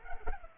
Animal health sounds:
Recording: mosquito wingbeat signal from an infrared sensor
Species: Culex pipiens

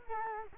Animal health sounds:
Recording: mosquito wingbeat signal from an infrared sensor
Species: Culex quinquefasciatus

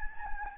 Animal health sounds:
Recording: mosquito wingbeat signal from an infrared sensor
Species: Anopheles gambiae

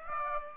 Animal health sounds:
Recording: mosquito wingbeat signal from an infrared sensor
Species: Aedes aegypti

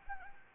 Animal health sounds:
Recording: mosquito wingbeat signal from an infrared sensor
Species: Anopheles gambiae

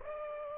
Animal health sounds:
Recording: mosquito wingbeat signal from an infrared sensor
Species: Aedes aegypti

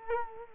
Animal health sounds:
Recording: mosquito wingbeat signal from an infrared sensor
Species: Culex quinquefasciatus

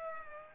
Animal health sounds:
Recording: mosquito wingbeat signal from an infrared sensor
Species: Aedes aegypti

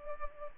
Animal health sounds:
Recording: mosquito wingbeat signal from an infrared sensor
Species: Culex pipiens

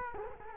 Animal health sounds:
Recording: mosquito wingbeat signal from an infrared sensor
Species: Culex quinquefasciatus

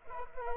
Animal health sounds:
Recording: mosquito wingbeat signal from an infrared sensor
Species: Culex pipiens

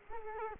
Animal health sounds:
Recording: mosquito wingbeat signal from an infrared sensor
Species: Culex quinquefasciatus

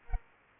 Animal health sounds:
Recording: mosquito wingbeat signal from an infrared sensor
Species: Culex pipiens

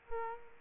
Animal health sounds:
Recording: mosquito wingbeat signal from an infrared sensor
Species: Aedes aegypti

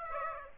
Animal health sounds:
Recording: mosquito wingbeat signal from an infrared sensor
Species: Aedes aegypti

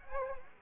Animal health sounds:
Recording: mosquito wingbeat signal from an infrared sensor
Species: Culex quinquefasciatus

